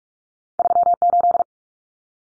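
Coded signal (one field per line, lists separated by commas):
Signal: Morse code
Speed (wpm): 44 wpm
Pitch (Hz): 700 Hz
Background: none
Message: 38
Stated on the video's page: Morse drill at 45 wpm: two-digit numbers sent, spoken, then sent again, for head-copy practice.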